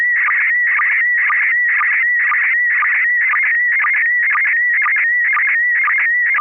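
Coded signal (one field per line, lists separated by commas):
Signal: SSTV (slow-scan television)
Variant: PD 120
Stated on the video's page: SSTV net on an FM repeater at 441.300 MHz, Sacramento, Wednesdays 9 pm Pacific; images sent with MMSSTV.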